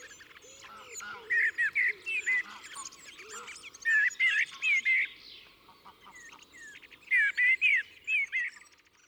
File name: Turdus merula